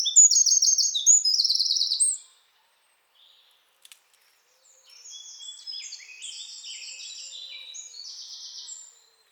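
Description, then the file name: Eurasian wren song with a loud two-second burst of high trills, a short pause with faint clicks, then a quieter, longer stretch of rapid twittering. "Troglodytes troglodytes"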